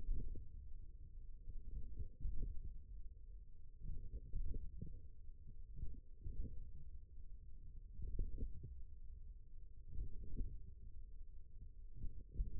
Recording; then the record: forearm muscle sounds (acoustic myography)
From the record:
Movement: wrist extension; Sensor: system 1, eight BSWA MPA416 microphones around the upper forearm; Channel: 7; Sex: male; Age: 41 years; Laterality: right